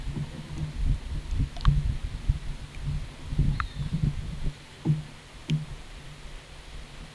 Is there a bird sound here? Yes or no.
no